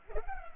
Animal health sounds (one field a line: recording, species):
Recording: mosquito wingbeat signal from an infrared sensor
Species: Culex pipiens